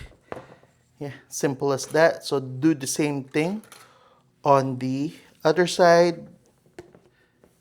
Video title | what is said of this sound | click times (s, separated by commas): Pit66 5TH Gen Toyota 4Runner Floor Mats | you will hear it click. Yeah, | 0.3 s